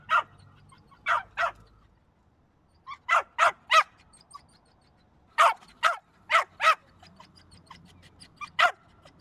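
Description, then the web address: Small dog barking in sharp, high yaps, in bursts of one to four with silent gaps between the bursts. "Epidemic Sound Albums. Dog Bark Small Size"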